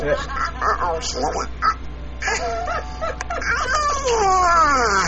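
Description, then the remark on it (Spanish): A voice imitates the cartoon duck Donald Duck, babbling in raspy, buzzy squawks for several seconds, steady and fairly loud, ending in a long sliding downward squeal. “Muy bien, el pato Donald.”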